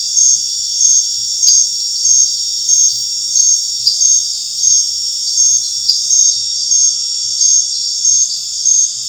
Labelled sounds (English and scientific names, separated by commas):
none